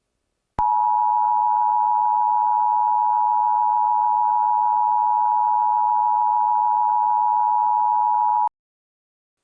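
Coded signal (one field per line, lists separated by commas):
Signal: Emergency Alert System (SAME) tones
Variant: 853 and 960 Hz attention tone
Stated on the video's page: EAS alerts on a workplace TV carried only as text scroll, with no EAS audio.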